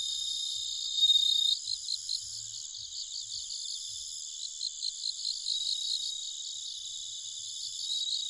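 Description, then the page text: Bell cricket ringing song, a bright pure note near the start, set in a steady, pulsing chorus of high-pitched night insects. Recorded at night, 21:48, on 1 October 2011 in Nikko, Japan. "Homoeogryllus japonicus [Sounds -Nikko Today-]"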